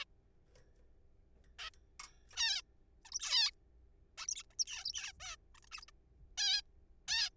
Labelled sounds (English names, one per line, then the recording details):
Zebra Finch
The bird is a juvenile
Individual R3428